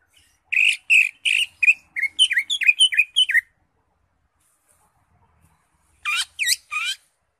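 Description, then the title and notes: Greater Green Leafbird song: a fast series of bright chirped and slurred notes, a pause, then three looping whistled notes. Recording described as good for tutoring caged birds to learn the song. "Suara Burung Cucak Ijo. mantap buat masteran burung cak ijo"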